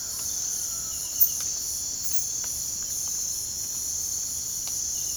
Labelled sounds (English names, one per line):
none